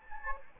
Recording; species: mosquito wingbeat signal from an infrared sensor; Anopheles gambiae